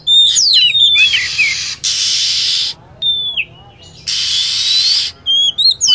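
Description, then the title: Lovebird calls: shrill chattering chirps and drawn-out descending whistles, with two long bursts of steady hiss in between. Lure sound for attracting lovebirds. "PIKAT BURUNG LOVEBIRD"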